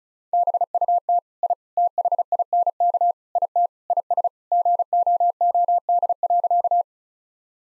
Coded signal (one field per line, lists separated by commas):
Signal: Morse code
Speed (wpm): 36 wpm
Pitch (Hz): 700 Hz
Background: none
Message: BUT I THINK IT IS GOOD.